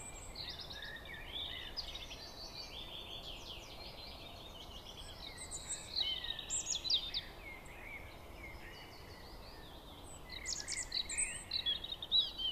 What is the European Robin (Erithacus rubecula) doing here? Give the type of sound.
song